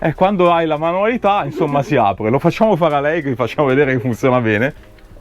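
A closing clip latch on a camper cupboard door is being handled, about to be shown working. Someone talks throughout, and nothing has seated or clicked yet by the end of the clip.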